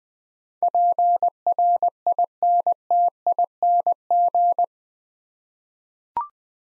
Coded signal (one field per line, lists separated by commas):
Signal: Morse code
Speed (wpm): 20 wpm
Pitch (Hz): 700 Hz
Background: none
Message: PRINTING